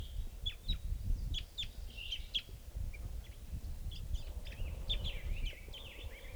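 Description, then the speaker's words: Crossbill calling: a rapid scatter of short, sharp, high notes, mixed with softer twittering, over steady low background rumble. Crossbill calling a lot from the treetops at 7:54, near a water hole where birds were being netted. "So we're coming at 7:54 now, and there's a bird, crossbill, calling a lot from the treetops here."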